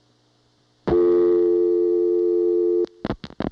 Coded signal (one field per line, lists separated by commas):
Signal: telephone call progress tone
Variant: North America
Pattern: dial tone